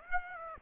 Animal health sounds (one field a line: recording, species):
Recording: mosquito wingbeat signal from an infrared sensor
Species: Aedes aegypti